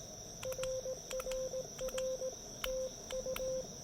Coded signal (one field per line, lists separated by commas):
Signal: Morse code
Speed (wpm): 18 wpm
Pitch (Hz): 530 Hz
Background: none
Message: RRR TU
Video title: POTA Field Report: South Mountains State Park with a guest logger!